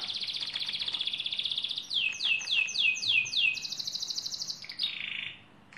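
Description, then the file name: Lizard canary song, a sustained high rapid trill followed by repeated falling sweeps and another buzzy roll that fades out. "canto do canario lizard"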